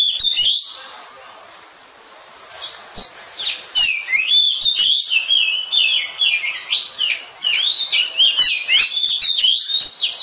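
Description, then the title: Oriental magpie-robin singing loud, wavering high whistles in quick repeated phrases after a brief pause. Competition kacer poci, national champion; singing gacor, 'nembak' and 'ngerol' styles; seven kinds of kacer sound every three minutes. "Kacer Poci Gacor Nembak Dan Ngerol Juara Nasional. 7 macam suara kacer setiap 3 menit"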